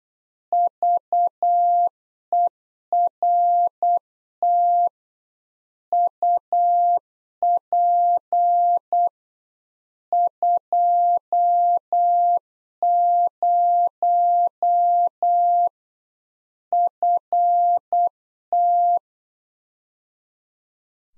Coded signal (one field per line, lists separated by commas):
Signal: Morse code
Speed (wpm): 8 wpm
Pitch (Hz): 700 Hz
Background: none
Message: VERT UP 20 FT